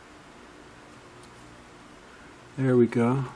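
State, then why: Not seated. A small metal set screw is turned backwards by hand to find the thread start while reinstalling the rotary hook on the hook drive shaft of a Singer 221 Featherweight sewing machine, to avoid cross-threading it into the hook. The first 2.5 seconds hold only a quiet, steady low hum, and then someone talks until the end. Nothing has seated or clicked yet.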